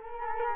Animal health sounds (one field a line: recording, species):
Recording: mosquito wingbeat signal from an infrared sensor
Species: Culex quinquefasciatus